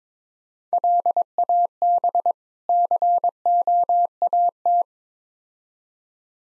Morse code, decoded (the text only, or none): LAB COAT